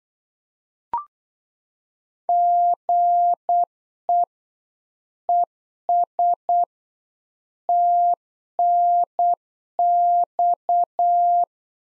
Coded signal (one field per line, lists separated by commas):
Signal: Morse code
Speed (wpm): 8 wpm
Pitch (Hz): 700 Hz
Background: none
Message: GE ES TNX